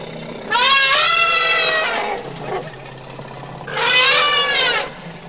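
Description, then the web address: Elephant trumpeting twice, two bright, brassy blasts, each lasting over a second. "Elefant"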